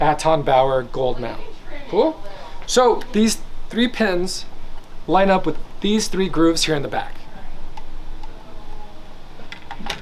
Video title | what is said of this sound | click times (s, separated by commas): 3 of 9: ARRI Amira Setup Tutorials - Tripod Setup & Balancing Basics (2026) | When you hear that click, that means it's nice and tight in there. | 9.9 s